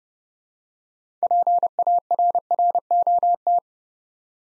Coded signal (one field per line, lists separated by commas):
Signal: Morse code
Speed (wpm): 30 wpm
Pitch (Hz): 700 Hz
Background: none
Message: PARROT